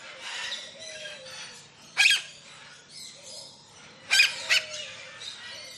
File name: zapsplat. tropical large avery parrots doves in bg one lilac crowned amazon parrot close up squawks